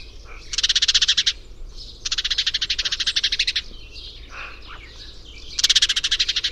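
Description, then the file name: House sparrow harsh chatter: three grating pulsed rattles spaced by quieter gaps, with faint background sounds. "Passer domesticus"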